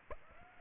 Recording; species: mosquito wingbeat signal from an infrared sensor; Aedes aegypti